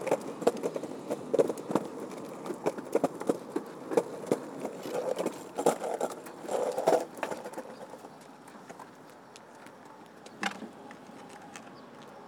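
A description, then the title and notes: A skateboard rolls with a steady rumble, its wheels clacking sharply and often over the ground for the first seven seconds. After that the rolling turns smoother and quieter, broken by one loud knock at about ten and a half seconds. I grabbed my board and started skating.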